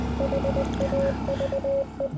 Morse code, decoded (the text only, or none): HAVE